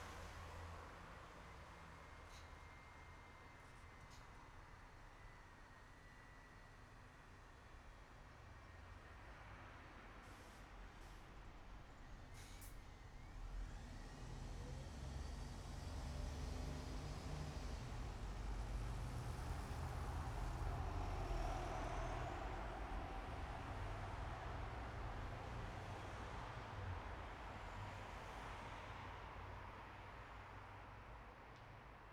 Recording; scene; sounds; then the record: everyday scene through a hearing-aid microphone; in traffic; traffic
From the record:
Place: bus stop on a city main road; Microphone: behind the ear, right, front